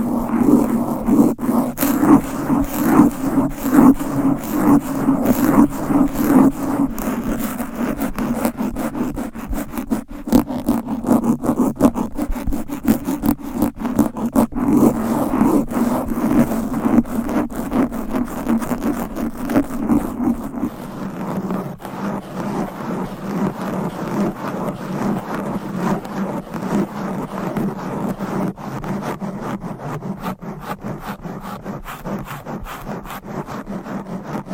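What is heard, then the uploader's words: Fast, aggressive scratching on a microphone, a dense rasping stream with low rumble that eases slightly and thins out after about twenty seconds. ASMR Fast and Aggressive Mic Scratching.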